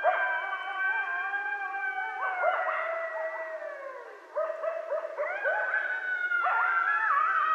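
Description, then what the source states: Coyotes in a group chorus: long wavering howls held over several seconds, then bursts of short yips and barks, and rising, sliding howls overlapping near the end. Recorded at night on 13 November 2012.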